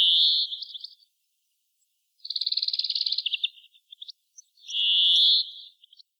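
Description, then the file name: European greenfinch giving long, buzzy, nasal wheezes, the middle one broken into a fast pulsed rattle, three drawn-out notes separated by short pauses. "Chloris chloris"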